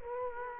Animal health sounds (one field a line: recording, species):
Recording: mosquito wingbeat signal from an infrared sensor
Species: Culex quinquefasciatus